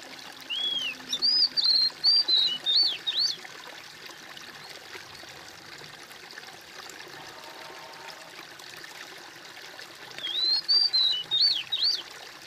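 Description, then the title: Bird song: two bursts of looping whistled phrases, several seconds apart, with a quiet hissy gap between them. "kOMPILASI suara bird"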